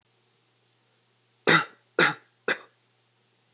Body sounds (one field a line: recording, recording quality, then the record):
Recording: shallow voluntary cough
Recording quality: excellent, no background noise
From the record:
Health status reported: COVID-19 positive, mild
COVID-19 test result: positive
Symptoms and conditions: cold, sore throat, fatigue, muscle pain, loss of smell and taste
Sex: male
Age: 20 years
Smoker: not ticked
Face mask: not worn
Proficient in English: yes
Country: United States